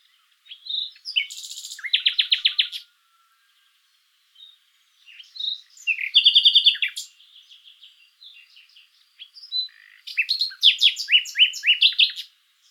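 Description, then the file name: Common nightingale song in three phrases, with rapid buzzy trills, sharp chattering notes and fast repeated clicks separated by short pauses. "Luscinia megarhynchos"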